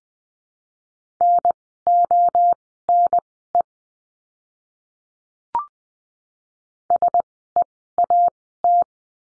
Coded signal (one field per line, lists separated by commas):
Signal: Morse code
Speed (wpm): 20 wpm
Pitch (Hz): 700 Hz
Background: none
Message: NONE SEAT